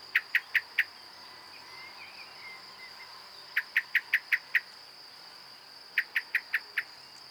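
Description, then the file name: Common blackbird chinking in quick bursts of four to six sharp, clicky notes separated by pauses, with a constant thin high whine behind. "Turdus merula"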